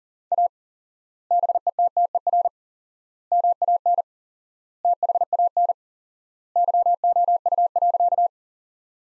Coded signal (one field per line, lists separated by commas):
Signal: Morse code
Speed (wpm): 37 wpm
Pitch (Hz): 700 Hz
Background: none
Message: A BETTER MAN THAN YOU.